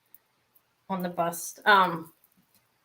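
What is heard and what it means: A necklace clasp is snapped closed on a display bust, with a sharp click at 0.1 s as it seats. A few faint ticks follow as someone talks.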